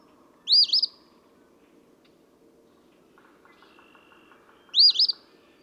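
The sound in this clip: Eastern phoebe song: two short, burry, high fee-bee phrases about four seconds apart, with a faint low hum and soft twittering between them.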